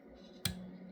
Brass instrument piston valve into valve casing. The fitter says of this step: And then you want to rotate the top until you hear it click.